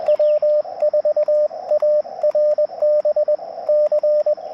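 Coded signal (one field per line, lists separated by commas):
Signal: Morse code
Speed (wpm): 21 wpm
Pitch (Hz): 600 Hz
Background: radio noise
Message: W4ARB C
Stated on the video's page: QRP CW Parks on the Air activation from a national forest, Elecraft KX2 with KXPD2 paddle and MC-750 antenna.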